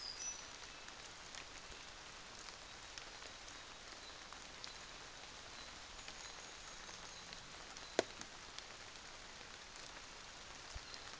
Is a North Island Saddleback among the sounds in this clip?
no